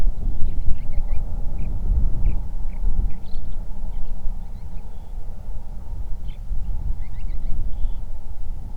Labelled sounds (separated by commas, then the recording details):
songbird, wind, man-made sound
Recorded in the Prudhoe Bay oil fields, Alaska, on 31 July 2019 at 07:42
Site 24